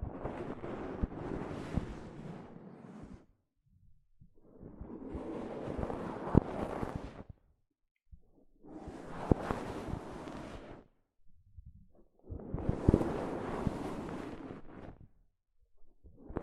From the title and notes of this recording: ASMR Mic Brushing using Soft Fabric (No Talking).